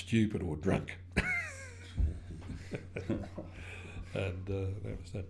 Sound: laughter

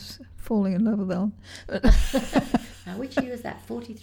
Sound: laughter

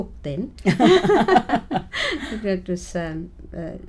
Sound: laughs

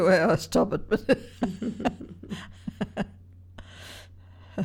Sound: laughs

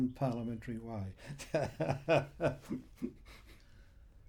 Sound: laughs

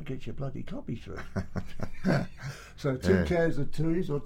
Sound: laughs

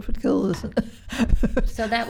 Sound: laughs

